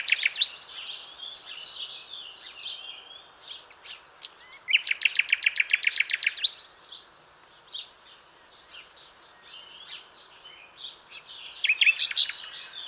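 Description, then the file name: Common nightingale song with scattered chirps and whistles, a loud rapid rattling burst of repeated clicky notes midway, then more varied twittering phrases. "Luscinia megarhynchos"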